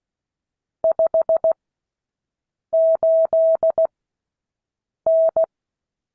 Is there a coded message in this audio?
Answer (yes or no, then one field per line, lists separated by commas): yes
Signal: Morse code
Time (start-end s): 0.8-5.4 s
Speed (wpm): 16 wpm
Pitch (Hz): 650 Hz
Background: none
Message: 58N